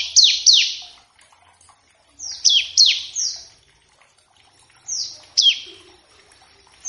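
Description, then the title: Bar-winged prinia giving high, slurred notes that sweep sharply downward, in groups of two to four, separated by quiet pauses. Lure and tutor recording to draw a bar-winged prinia into singing; ngebren song with variations. "Ciblek ngebren variasi masteran & pancingan ciblek"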